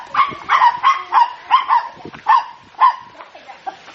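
A dog at a home in Cù Lao Dung, Vietnam, barks excitedly in greeting rather than aggression, in a quick, uneven series of about a dozen yips and barks, fairly loud and high-pitched, with no talking over it.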